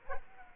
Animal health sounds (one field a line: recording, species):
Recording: mosquito wingbeat signal from an infrared sensor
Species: Culex quinquefasciatus